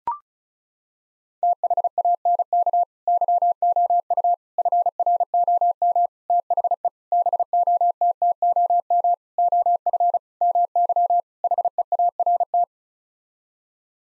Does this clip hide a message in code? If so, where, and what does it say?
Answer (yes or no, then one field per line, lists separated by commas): yes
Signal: Morse code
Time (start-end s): 1.4-12.6 s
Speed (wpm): 36 wpm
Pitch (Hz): 700 Hz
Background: none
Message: THANK YOU FROM THE BOTTOM OF MY HEART